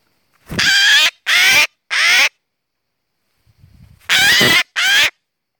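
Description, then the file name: Eurasian jay giving loud, hoarse screeches, three in quick succession, a short pause with a soft low rustle, then two more. "Garrulus glandarius"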